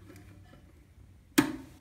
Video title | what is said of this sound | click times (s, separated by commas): How To Fix A Running Toilet *Guaranteed* | snaps back all right so we're done with that | 1.4 s